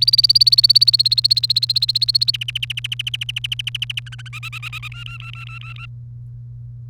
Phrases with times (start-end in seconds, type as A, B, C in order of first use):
0.00-2.31 A, 2.34-3.99 B, 4.06-4.28 C, 4.33-4.88 D, 4.92-5.86 E